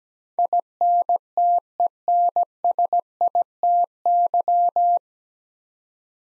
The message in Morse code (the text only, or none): INTENSITY